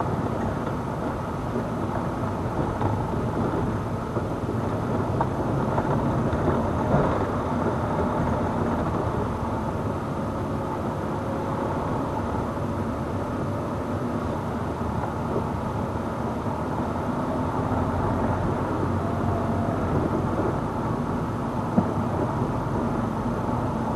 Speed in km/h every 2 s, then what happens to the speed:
15, 15, 19, 21, 18, 19, 20, 20, 22, 23, 24, 25.
0-5 speeds up to 21. 5-24 steady at about 21.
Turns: none.